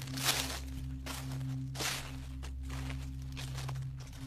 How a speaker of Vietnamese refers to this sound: Lại có thêm tiếng bước chân soạt soạt.